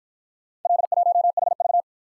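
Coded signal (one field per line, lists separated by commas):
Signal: Morse code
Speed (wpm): 51 wpm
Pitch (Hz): 700 Hz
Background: none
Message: L1HV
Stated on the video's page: Morse practice of four-character letter-number groups, starting fast and slowing to a 35 wpm base speed; final repeat at maximum speed.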